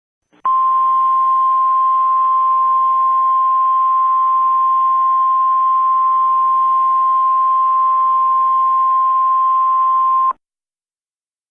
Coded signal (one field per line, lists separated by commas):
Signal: Emergency Alert System (SAME) tones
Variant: 1050 Hz attention tone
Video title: EAS Scenario #1.5, Evil Puro, Alt Ending